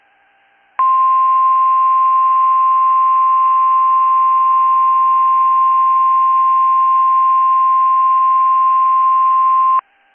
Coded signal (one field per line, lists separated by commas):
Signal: Emergency Alert System (SAME) tones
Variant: 1050 Hz attention tone